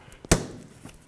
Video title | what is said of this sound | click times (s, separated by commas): How to Replace EVAP Vent Solenoid 1998-2002 Honda Accord | time for the electrical wiring listen for a click give it a nice tug make sure it's secure | 0.3 s